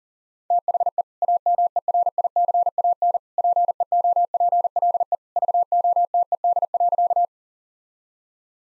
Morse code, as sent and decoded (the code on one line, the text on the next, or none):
- .... . / .- -- . .-. .. -.-. .- -. / .--. . --- .--. .-.. . / ...- --- - . -.. .-.-.-
THE AMERICAN PEOPLE VOTED.